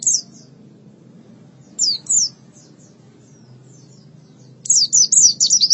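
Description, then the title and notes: White-eye: high, thin twittering phrases from a white-eye, a few short bursts separated by pauses, then a fast run of sharp repeated chirps at the close; faint hum below. "Suara kicauan burung pleci"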